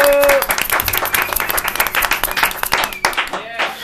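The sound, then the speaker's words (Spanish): An audience applauds with dense, continuous clapping that stays loud for almost four seconds, dipping briefly near the end before swelling again. A few voices can be heard under the clapping. “Arriba las palmas o te mato.”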